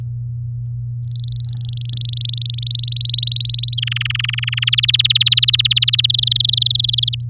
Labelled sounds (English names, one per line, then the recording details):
Domestic Canary song
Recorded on 9 May 2018 at 08:20
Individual llb16